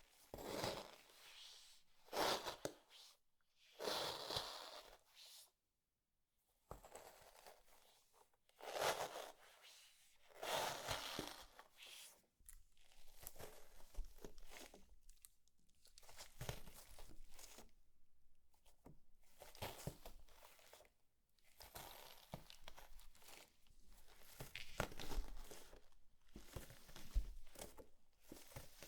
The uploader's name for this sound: Satisfying ASMR Slime